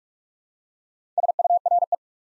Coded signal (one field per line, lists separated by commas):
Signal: Morse code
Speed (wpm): 44 wpm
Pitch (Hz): 700 Hz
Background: none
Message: SURE